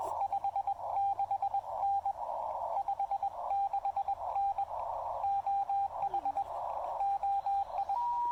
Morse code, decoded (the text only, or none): 56N 56N OH OI